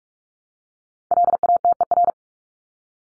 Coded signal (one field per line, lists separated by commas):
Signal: Morse code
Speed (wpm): 44 wpm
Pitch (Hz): 700 Hz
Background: none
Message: LATER